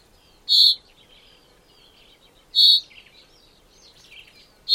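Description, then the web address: Common chaffinch: three sharp, emphatic call notes about two seconds apart, separated by soft warbling notes from other birds. "Deverinetal 2025 File origin Bird Only Fr Co"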